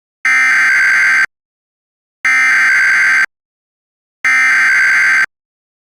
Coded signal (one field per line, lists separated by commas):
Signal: Emergency Alert System (SAME) tones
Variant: header bursts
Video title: EAS Mock 43: Pueblo County Wildfire (Multiple Perspectives)